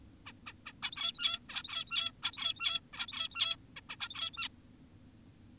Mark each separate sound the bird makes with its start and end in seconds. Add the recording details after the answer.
0.26-0.33, 0.47-0.53, 0.66-0.73, 0.83-1.39, 1.49-2.12, 2.23-2.80, 2.93-3.56, 3.76-3.81, 3.90-3.96, 4.00-4.48. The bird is an adult. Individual g17y2U